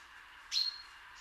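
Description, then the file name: Common chaffinch giving a single short call, a sharp note trailing into a thin high whistle, then a faint second whistled note. "Fringilla coelebs"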